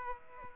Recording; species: mosquito wingbeat signal from an infrared sensor; Aedes aegypti